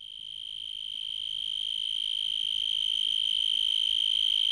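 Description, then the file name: Insect call, a sustained high, even buzzing tone that slowly grows louder over the few seconds. "insetti insect"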